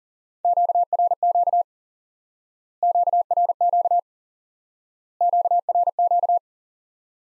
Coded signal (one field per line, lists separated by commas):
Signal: Morse code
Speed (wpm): 37 wpm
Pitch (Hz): 700 Hz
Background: none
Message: QRQ QRQ QRQ